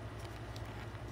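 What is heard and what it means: The replacement screen's ribbon cable connector is being handled and pushed toward the display socket of a four-year-old Acer Chromebook C720 laptop, its teeth meant to disappear inside the connector. A steady low hum runs throughout, with a brief sharp tap at 0.6 s. Nothing has seated or clicked yet.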